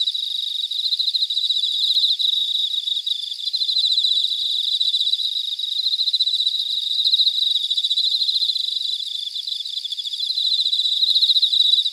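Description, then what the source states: Shrill cicada chorus, a constant rasping buzz made of fast pulses, rising and falling gently in strength. Cicadas in Weinan, China; filtered audio.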